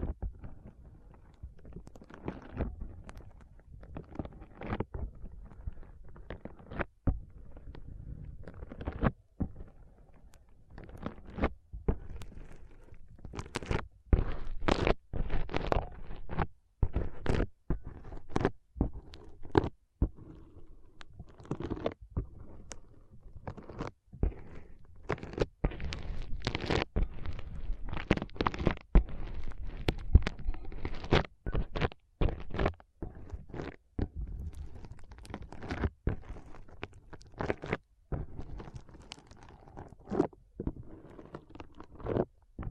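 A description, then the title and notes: Foam being squeezed and rubbed, in dense, irregular bursts of crackling and squishing that come several times a second for the whole clip. Sharp bright clicks and pops stand out over a soft, low rumbling bed. ASMR Powerful Foam Brain Massage.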